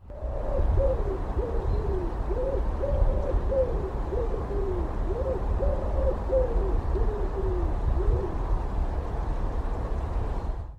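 Bird hooting: soft low rounded hoots in short grouped phrases, repeated steadily over a loud constant rumbling hiss.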